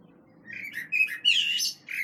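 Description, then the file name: Common blackbird song phrase: a few mellow warbled notes leading into a squeaky, high twittering flourish, then a brief extra note at the end. "Turdus merula"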